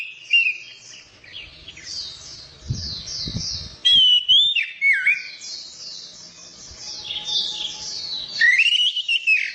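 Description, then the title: Orange-headed thrush song: loud, sweeping whistled phrases rising and falling, with steady high chattering notes and a few soft low knocks. Kicau mania songbird-hobby bird, called a champion, described as gacor (singing persistently), teler and doyong in style. "Kicau Mania Suara Burung Anis Merah Gacor Teler Doyorng Juara"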